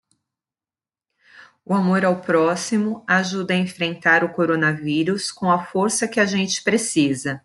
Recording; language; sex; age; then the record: spoken sentence; Brazilian Portuguese; female; 40 to 49 years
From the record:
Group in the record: control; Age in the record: 47 years